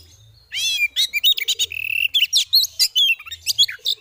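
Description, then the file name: Oriental magpie-robin chattering: a fast, loud run of varied chirps, trills and sharp whistled notes that keeps going with barely a pause. Female bird; therapy audio; 'ngeriwik ngeplong' style of calling. "Terapi Suara Burung Kacer Betina Ngeriwik Ngeplong"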